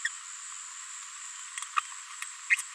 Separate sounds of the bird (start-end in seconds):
0.04-0.08, 1.77-1.80, 2.49-2.56, 2.58-2.61